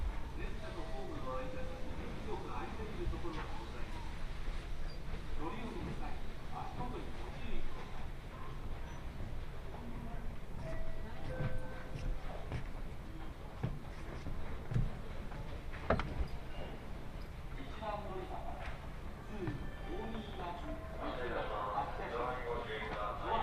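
A train ride on the Kosei Line: a dense, steady low rumble runs the whole way, with voices talking over it. Short knocks stand out near 8 and 16 seconds, and livelier, brighter chatter rises around 21 seconds.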